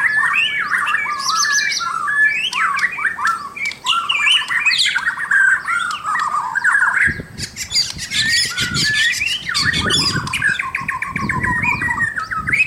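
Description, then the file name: White-rumped shama pouring out quick chattering and whistled phrases, joined in the second half by repeated low knocking or thumping sounds. "suara murai batu mahkota"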